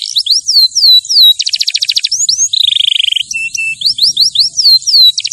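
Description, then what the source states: Canary song of repeated falling whistles, a rapid rattling tour, a low buzzy roll and more swooping notes in quick succession. Champion canary song used as a master recording for training other birds.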